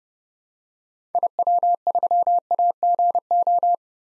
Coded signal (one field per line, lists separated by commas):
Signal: Morse code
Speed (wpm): 29 wpm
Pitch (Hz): 700 Hz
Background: none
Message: IW3AGO